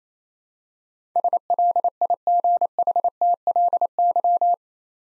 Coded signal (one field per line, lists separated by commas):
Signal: Morse code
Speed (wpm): 28 wpm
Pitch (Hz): 700 Hz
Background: none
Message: SLIGHTLY